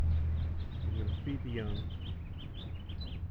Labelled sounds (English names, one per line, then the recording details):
House Finch song
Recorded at Lynbrook on Long Island, New York, on 17 June 1975
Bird F